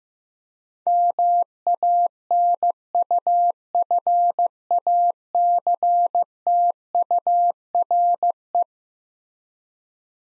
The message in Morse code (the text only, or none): MANUFACTURE